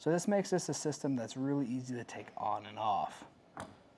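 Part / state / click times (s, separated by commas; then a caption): roof rack tower onto its fit kit / not seated / none. A Yakima RidgeLine roof rack tower, opened, is handled over its fit kit on a 2023 Jeep Grand Cherokee with flush rails while someone talks. A short sharp sound occurs near 3.6 seconds. Nothing has seated or clicked yet; the clip ends just before the tower goes back down and clicks home.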